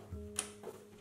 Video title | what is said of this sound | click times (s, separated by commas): Assemblage PC 9è génération Ep. 1 | Et en fait, ça se verrouille tout seul, le petit loquet. | 0.4 s